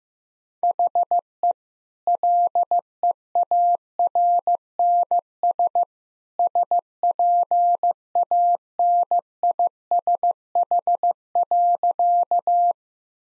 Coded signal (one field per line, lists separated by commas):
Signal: Morse code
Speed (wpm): 15 wpm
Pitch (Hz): 700 Hz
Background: none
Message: HE LEARNS SPANISH.